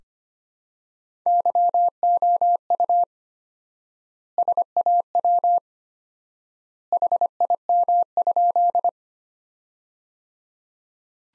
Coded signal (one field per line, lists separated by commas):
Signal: Morse code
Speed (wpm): 25 wpm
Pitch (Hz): 700 Hz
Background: none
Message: YOU SAW HIM?